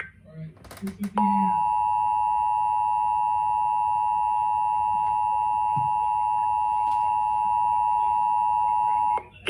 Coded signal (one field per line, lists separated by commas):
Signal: Emergency Alert System (SAME) tones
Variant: 853 and 960 Hz attention tone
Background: speech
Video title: 10/4/23 - 2023 NATIONAL PERIODIC EAS TEST || EAS 991